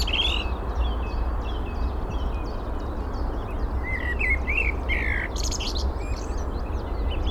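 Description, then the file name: Eurasian blackbird song: a few fluted, warbling phrases around the middle, followed by higher squeaky notes, over steady low rumbling background noise and faint twitters from other birds. "Turdus merula"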